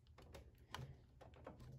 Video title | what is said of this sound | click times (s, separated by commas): How to Convert your printer to a sublimation Printer | so you heard the click there so now i'm going to do the scion and i'm going to show you all the click again | 0.8 s